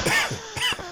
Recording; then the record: coughing mixed with background sound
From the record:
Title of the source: Dry Afternoon Cough